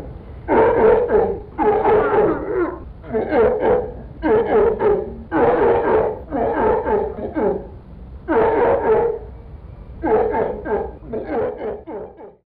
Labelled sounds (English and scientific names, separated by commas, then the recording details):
Walrus (Odobenus rosmarus)
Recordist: Tembrock, Günter
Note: Lautfolgen